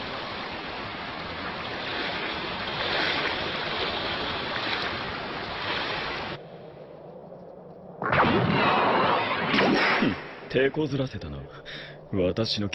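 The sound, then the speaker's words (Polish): A loud, steady rush of flowing water roars for several seconds, drops to a quieter hiss, then surges back strongly, with a voice speaking briefly over it toward the end. “Pewnie porwał je nurt wody.”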